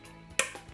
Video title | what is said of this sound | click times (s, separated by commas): Installation of the CeramicSpeed bearing upgrade on Scope hubs | NDS non-drive side snaps into place everything | 0.4 s